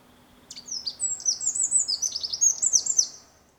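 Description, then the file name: Eurasian wren delivering a long, rapid, high trilling song of clipped notes and rattles, lasting nearly three seconds. "Troglodytes troglodytes"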